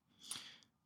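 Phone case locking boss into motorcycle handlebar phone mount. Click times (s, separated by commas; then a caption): 0.3 s. A Quad Lock phone case's locking boss is twisted onto a Quad Lock phone mount on the handlebar of a Yamaha R3 motorcycle. A sharp snap at 0.3 seconds shows it has locked into place, followed by a faint tick at about 0.6 seconds.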